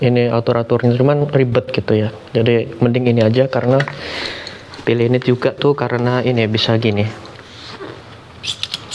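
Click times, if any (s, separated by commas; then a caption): 8.6 s, 8.7 s. Someone talks, then a phone mount clip on a motorcycle helmet setup is pushed into place and snaps shut with sharp clicks at 8.6 s and 8.7 s. The clip is seated and locks by itself, with no separate locking step needed.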